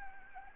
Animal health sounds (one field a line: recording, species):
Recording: mosquito wingbeat signal from an infrared sensor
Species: Anopheles arabiensis